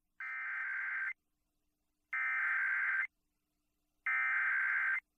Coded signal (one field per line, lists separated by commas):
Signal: Emergency Alert System (SAME) tones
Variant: header bursts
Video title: Florida Monthly Test on WWRZ (11/20/2024) (EAS #152)